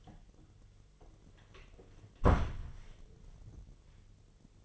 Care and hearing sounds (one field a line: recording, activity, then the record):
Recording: daily activity, microphone in the room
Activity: close door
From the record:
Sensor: 4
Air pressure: 1008.0 hPa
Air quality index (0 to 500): 180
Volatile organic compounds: 5 ppm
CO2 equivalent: 1810 ppm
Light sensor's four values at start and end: 23/73/28/27 and 23/74/28/27